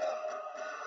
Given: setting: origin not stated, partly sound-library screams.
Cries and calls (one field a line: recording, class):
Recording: one-second piece from a danger detection set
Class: woman in danger